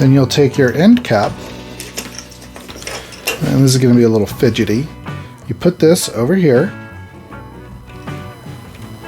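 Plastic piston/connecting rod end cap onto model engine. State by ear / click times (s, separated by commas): not seated / none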